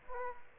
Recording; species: mosquito wingbeat signal from an infrared sensor; Aedes aegypti